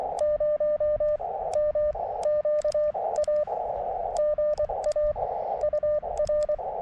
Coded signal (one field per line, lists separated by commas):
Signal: Morse code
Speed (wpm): 24 wpm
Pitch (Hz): 600 Hz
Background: radio noise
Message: 0 M QA GA UR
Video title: CW POTA at US-2145 Stony Brook State Park